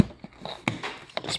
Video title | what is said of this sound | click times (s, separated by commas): How to Replace Convertible Top With Frame on 1994-2004 Ford Mustang | pops right in there and that holds it all together right | 0.7 s